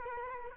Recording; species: mosquito wingbeat signal from an infrared sensor; Culex quinquefasciatus